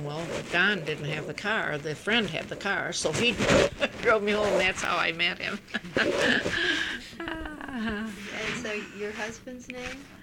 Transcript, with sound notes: Well, John didn't have the car, the friend had the car, so he drove me home. That's how I met him. ( she laughs ) ( there is a rustling disturbance in the background on the tape )
And so your husband's name?